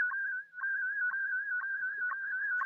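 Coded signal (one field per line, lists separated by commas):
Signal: weather fax (radiofax)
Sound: steady warbling tone near 1.5 kHz with a short lower blip twice each second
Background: faint radio hum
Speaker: What you're hearing there, I'm tuned to 6339. This is the Boston Marine station that sends weather charts, which is an HF fax station.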